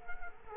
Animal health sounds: mosquito wingbeat signal from an infrared sensor; Culex quinquefasciatus

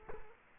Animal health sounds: mosquito wingbeat signal from an infrared sensor; Culex quinquefasciatus

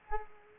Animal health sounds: mosquito wingbeat signal from an infrared sensor; Culex quinquefasciatus

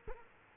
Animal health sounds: mosquito wingbeat signal from an infrared sensor; Culex quinquefasciatus

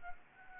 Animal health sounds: mosquito wingbeat signal from an infrared sensor; Anopheles gambiae

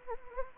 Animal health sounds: mosquito wingbeat signal from an infrared sensor; Anopheles gambiae

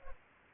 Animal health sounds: mosquito wingbeat signal from an infrared sensor; Culex pipiens

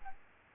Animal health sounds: mosquito wingbeat signal from an infrared sensor; Aedes aegypti

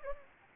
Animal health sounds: mosquito wingbeat signal from an infrared sensor; Anopheles gambiae

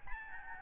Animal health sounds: mosquito wingbeat signal from an infrared sensor; Aedes albopictus

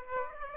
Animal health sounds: mosquito wingbeat signal from an infrared sensor; Aedes aegypti

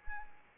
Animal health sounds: mosquito wingbeat signal from an infrared sensor; Anopheles arabiensis

